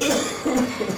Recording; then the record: coughing mixed with background sound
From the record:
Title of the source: Spring Cold Coughing 3